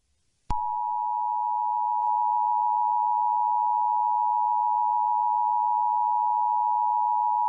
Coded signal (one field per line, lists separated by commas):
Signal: Emergency Alert System (SAME) tones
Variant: 853 and 960 Hz attention tone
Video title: EAS Scenario - Apocalyptic Weather